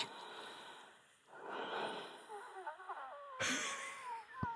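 A woman's breathing at home during the day while she is very ill, with high-pitched wheezing and squeaking whistles from the bronchi and lungs.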